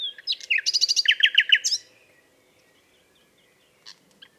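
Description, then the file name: Common nightingale singing a brief, rich phrase of rapid, clipped notes and buzzy trills, followed by near silence with a couple of faint chips. "Luscinia megarhynchos"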